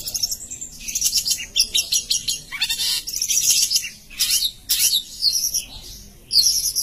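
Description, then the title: Long-tailed shrike singing a rough, grating jumble of harsh rasps and squeaky notes in uneven bursts. "Cendet"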